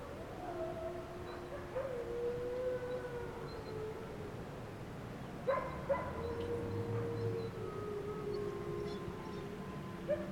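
Wolf: several wolves howling together, sustained tones at different pitches sliding and overlapping.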